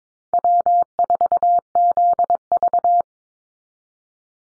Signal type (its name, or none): Morse code